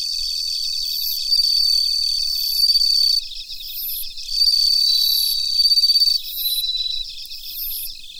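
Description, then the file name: Bell cricket song: high rising ringing sweeps repeated every second or so over steady shrill tones and pulsed trills from several insects singing together. "Suzumushi Mitsukado"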